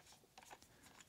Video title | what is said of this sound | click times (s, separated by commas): Three Awesome Accessories for Sony 200-600mm Lens | same thing with this one it just clicks right in screws into place now it's attached | 0.4 s